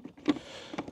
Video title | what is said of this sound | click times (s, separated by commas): Ford Escape 2013 - 2019｜更换空气滤芯｜空滤和空调滤的差别｜自己动手简单修车的好处｜空滤仓里有蜜蜂 | 盖上的时候也是一定要注意让这个滤芯的凹槽要卡进去 | 0.3 s, 0.8 s